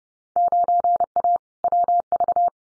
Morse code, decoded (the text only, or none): 9A WV